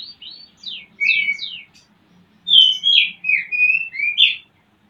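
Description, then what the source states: Oriental magpie-robin song: quick sharp downslurred notes, then a pause, then a series of clear looping whistles, with faint background hum. Used to stimulate a bird into singing; Indonesian 'pancingan birahi' (mating-arousal lure) and 'masteran' (tutor song) style.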